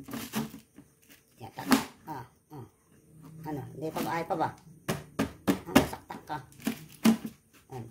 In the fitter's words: nagano na ba nag-lock na Hindi